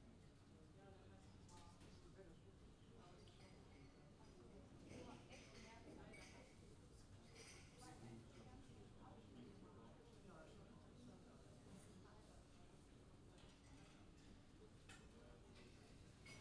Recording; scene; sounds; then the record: everyday scene through a hearing-aid microphone; many people talking; many voices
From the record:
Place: university cafeteria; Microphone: in the ear canal, left